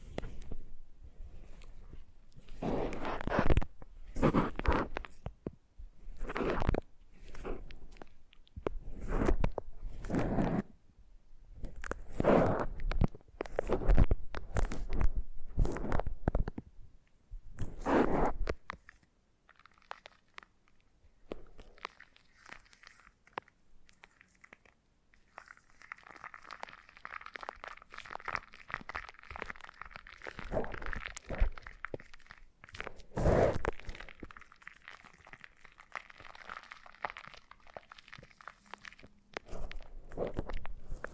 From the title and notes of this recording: ASMR Brain Melting Foam Massage for Sleep (No Talking).